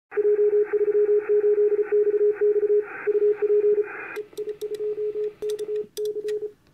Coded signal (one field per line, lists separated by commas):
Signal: Morse code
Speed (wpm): 33 wpm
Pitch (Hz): 420 Hz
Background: radio noise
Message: J38XX UP EI2KC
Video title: EI2KC works J38XX on 10 metres cw and Antron 99